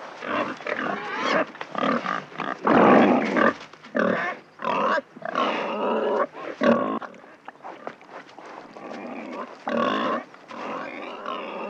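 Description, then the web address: Wild boar giving harsh grunts and squeals in uneven bursts, some short, some drawn out, separated by brief gaps. Wild boar recorded in a city. "Tierstimmen Stadt Wildschwein"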